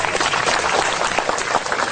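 A crowd breaks into steady, dense applause, many hands clapping at once in a continuous crackling wash that stays fairly loud and even throughout.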